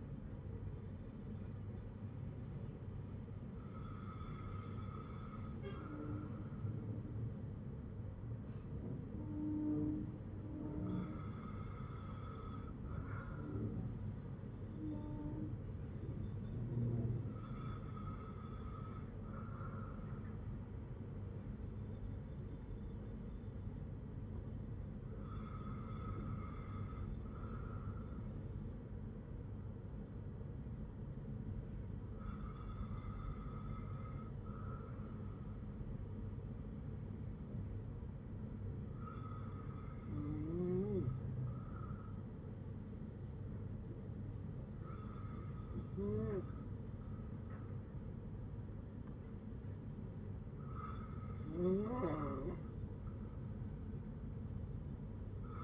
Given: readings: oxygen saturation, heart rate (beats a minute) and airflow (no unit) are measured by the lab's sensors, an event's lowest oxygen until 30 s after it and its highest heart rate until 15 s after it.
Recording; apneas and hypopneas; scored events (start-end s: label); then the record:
breathing in sleep by a smartphone at the bedside; none
none scored
From the record:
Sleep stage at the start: N2 (light sleep); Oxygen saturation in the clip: 94 to 96%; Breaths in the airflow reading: 9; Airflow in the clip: -5.0 to 4.3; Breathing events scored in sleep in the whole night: 182 in 7.4 hours asleep